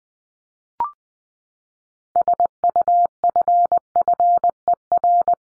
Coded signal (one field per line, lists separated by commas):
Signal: Morse code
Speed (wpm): 20 wpm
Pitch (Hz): 700 Hz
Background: none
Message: SUFFER